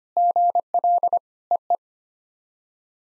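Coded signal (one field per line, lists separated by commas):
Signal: Morse code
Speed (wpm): 25 wpm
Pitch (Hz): 700 Hz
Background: none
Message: GL EE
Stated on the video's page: Computer-generated SOTA QSO practice drill at 25 wpm; each exchange is sent in Morse, then spoken, then sent again.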